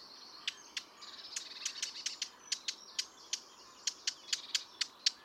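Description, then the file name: Eurasian blackcap giving hard, clicking tac calls in an irregular series, roughly three a second, over a steady high background hiss. "Sylvia atricapilla"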